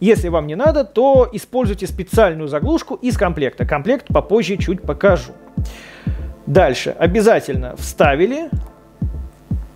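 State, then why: Seated. Someone talks while the blood-pressure cuff's air fitting is pushed into its port on the body of a Huawei Watch D smartwatch. Two short clicks are heard at 9.0 s and 9.5 s as the fitting clicks in and is seated, leaving everything connected.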